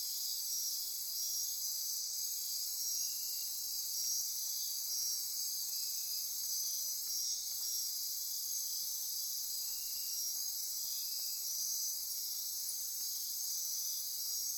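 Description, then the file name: Insect chorus: a dense, steady high-pitched shimmer of many overlapping trilling callers, continuous throughout with pulsing bands at several pitches. Insect chorus recorded at midnight near Corcovado. "Wind-is-the-Original-Radio-Fridays 20240628 Andy-Martin Midnight-Insect-Chorus-Near-Corcovado"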